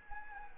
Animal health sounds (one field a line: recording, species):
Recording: mosquito wingbeat signal from an infrared sensor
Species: Anopheles arabiensis